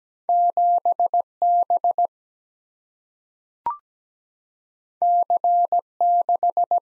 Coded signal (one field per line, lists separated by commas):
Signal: Morse code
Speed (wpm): 17 wpm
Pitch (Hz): 700 Hz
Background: none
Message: 7 B C 6